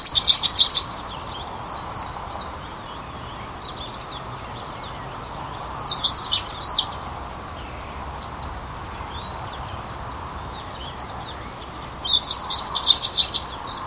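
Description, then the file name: European stonechat song: short scratchy, twittering high phrases about a second long, given three times roughly every six seconds over a faint steady background hiss. "Saxicola rubicola - European Stonechat"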